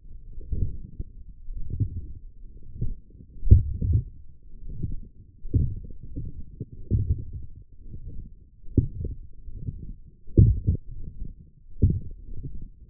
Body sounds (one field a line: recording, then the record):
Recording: forearm muscle sounds (acoustic myography)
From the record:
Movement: forearm pronation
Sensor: system 1, eight BSWA MPA416 microphones around the upper forearm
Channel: 2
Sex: male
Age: 21 years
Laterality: right